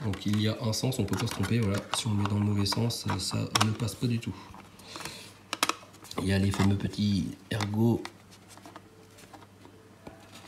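A plastic part of a KITT scale model is lined up by its small locating pegs, which only fit one way, against the car body while a man talks. A few sharp plastic taps and rattles are heard around 5.5 to 5.7 s. Nothing has seated or clicked into place yet.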